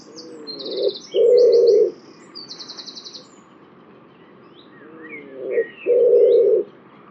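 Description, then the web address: Bird repeating a two-part low coo twice, about five seconds apart, with high buzzy trills between the calls. "cianscape birddata Deverinetal 2025 Bird Only"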